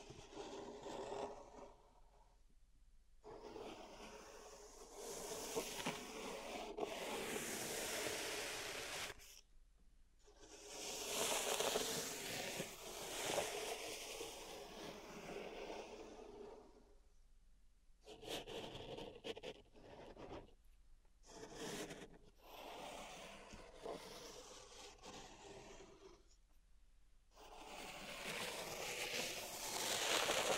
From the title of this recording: Pink Salt Zen Garden Triggers